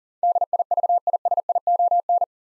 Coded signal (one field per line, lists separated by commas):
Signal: Morse code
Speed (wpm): 39 wpm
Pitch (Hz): 700 Hz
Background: none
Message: DIVISION